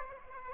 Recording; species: mosquito wingbeat signal from an infrared sensor; Aedes aegypti